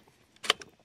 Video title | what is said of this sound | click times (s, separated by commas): Toro 60v Pole saw test...Junk or Farm tough? You Decide! | pops into place very cool | 0.5 s